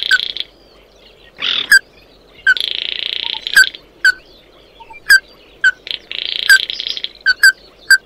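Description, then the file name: Bird calling with sharp, downslurred chip notes at irregular intervals, mixed with drawn-out buzzy, hissing phrases. "Tieng chim mat do"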